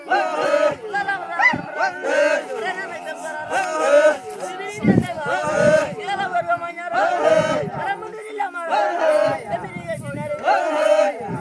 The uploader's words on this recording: Masai Tribe Jumping chant at Masai Mara National Reserve by 𝔞𝔩𝔢𝔵.